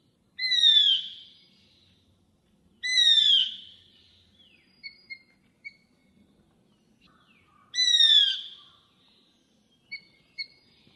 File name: 台灣白喉噪眉